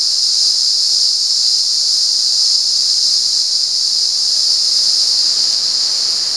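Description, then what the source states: Cicada buzzing song, a steady, very high, hissing drone that runs unbroken throughout at an even loudness. At San Ramon.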